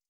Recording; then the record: hydrophone in a shrimp aquaculture tank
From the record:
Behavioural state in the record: starved